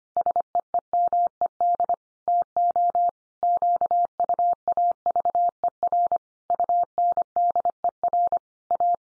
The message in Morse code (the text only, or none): SEEMED TO QUAVER UNDER A